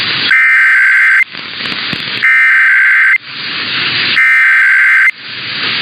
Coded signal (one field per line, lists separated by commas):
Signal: Emergency Alert System (SAME) tones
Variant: header bursts